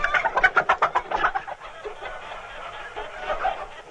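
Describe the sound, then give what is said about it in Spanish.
A hen that has just laid an egg clucks in a rapid, pulsing series of short, throaty notes, then trails off into softer, scattered clucking over a low background murmur. “O sea que aquí lo que pasa es que esta gallina ha puesto.”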